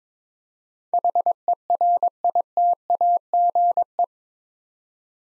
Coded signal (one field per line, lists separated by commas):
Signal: Morse code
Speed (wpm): 23 wpm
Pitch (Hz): 700 Hz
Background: none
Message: HERITAGE